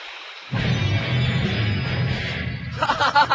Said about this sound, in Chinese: 唔系啊，佢系想射烂条海底隧道啊！ 架、啊、车云撞到条隧道，穿咗个窿啊！啲海水入紧嚟啊！